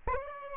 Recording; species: mosquito wingbeat signal from an infrared sensor; Aedes albopictus